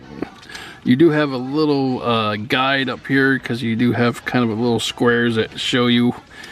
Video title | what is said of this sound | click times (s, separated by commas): Transformers: War for Cybertron Trilogy: Earthrise: Astrotrain Review | where they fit, and it snaps right into place. | 0.2 s